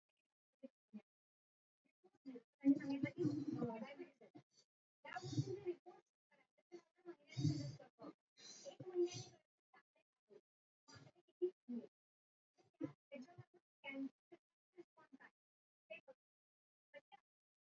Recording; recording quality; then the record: shallow breathing; excellent, no background noise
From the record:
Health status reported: healthy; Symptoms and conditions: none ticked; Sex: male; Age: 72 years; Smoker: not ticked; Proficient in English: yes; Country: India